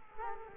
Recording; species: mosquito wingbeat signal from an infrared sensor; Culex quinquefasciatus